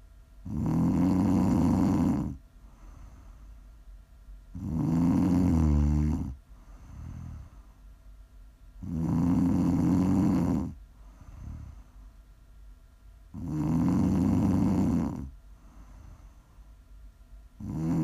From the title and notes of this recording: Please enjoy some prime ASMR snoring.